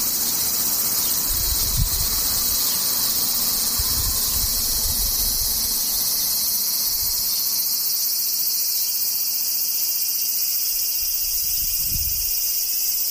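Cicadas buzz in a dense, unbroken high drone that holds steady for the whole clip, with a second sharp band sitting above it. Underneath, soft low rumbles swell and fade now and then, most noticeably around two, four and twelve seconds.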